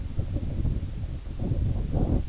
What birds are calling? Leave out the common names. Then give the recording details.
none. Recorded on Arctic tundra, site IGLO-A, on 17 June 2018. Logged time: 19:59